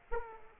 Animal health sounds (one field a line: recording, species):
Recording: mosquito wingbeat signal from an infrared sensor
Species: Aedes aegypti